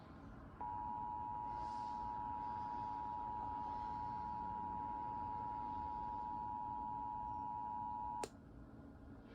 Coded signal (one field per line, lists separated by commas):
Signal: Emergency Alert System (SAME) tones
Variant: 853 and 960 Hz attention tone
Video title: KIH35 GETS BACKLOGGED... (EAS ALERTS 3506-3575 FROM 06/22/22)